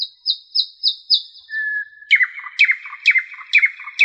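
Common nightingale singing five repeated high notes, then a flat whistled note, then a rhythmic phrase repeated about every half second.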